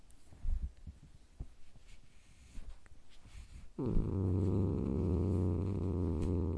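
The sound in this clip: Domestic cat growling: after a few faint rustles, a loud, low, rumbling growl starts abruptly and holds steady, throaty and unbroken, for nearly three seconds.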